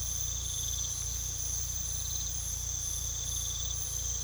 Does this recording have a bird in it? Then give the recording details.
no. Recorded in pastures near Puerto Asís, Putumayo, Colombia, on 18 December 2024 at 01:30. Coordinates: 0.486, -76.323. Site GP01